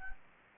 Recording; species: mosquito wingbeat signal from an infrared sensor; Anopheles gambiae